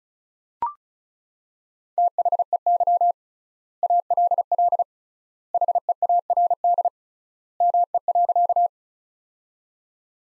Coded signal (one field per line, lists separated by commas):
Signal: Morse code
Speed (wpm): 36 wpm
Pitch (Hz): 700 Hz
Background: none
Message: THEY ALL HEARD ME.